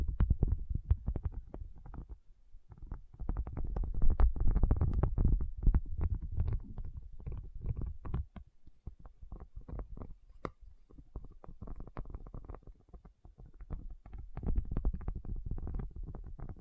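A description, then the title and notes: A tapping session with no talking: quick, irregular taps and soft knocks come in dense clusters, heaviest around 3 to 7 seconds and again near 14 to 16. The taps are mostly low and thuddy, with a sharper click near 10 seconds and quieter gaps between bursts. Tapping Session (No Talking).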